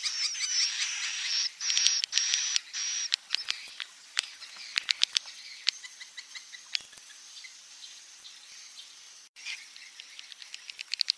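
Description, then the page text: Swiftlet chirps: a run of high buzzy chirps, then scattered sharp clicks and twittering notes that overlap irregularly throughout. Roosting ("inap") lure call played to attract swiftlets to swiftlet houses; call style named "INAP BJA". "Suara Burung Walet sufar sinar 77 Suara Panggil, Suara Inap Dan Tarik. INAP BJA"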